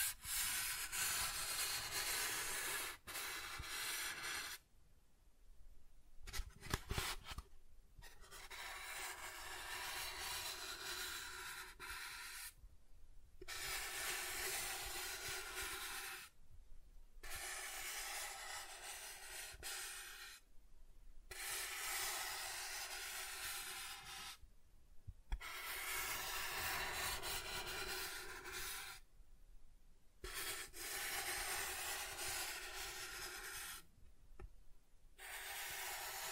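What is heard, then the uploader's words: Soft tracing strokes drag across a surface, each a hushed, airy rub with a faint raspy grain, lasting a few seconds. Short silent gaps separate the strokes at fairly regular intervals, roughly every four seconds. The sound is steady within each pass. ASMR Soft Tracing on Smooth and Rough Surfaces (No Talking).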